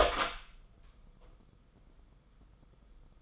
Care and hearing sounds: daily activity, microphone in the room; open door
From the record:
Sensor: 5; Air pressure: 990.6 hPa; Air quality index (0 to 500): 153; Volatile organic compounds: 187 ppm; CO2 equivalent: 4169 ppm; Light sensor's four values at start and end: 26/61/25/28 and 26/63/26/28

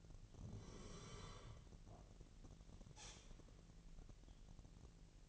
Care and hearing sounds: daily activity, microphone in the room; sit down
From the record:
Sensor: 4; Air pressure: 1002.8 hPa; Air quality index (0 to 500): 250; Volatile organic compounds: 32 ppm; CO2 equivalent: 2994 ppm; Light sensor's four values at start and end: 10/22/9/9 and 10/22/9/9

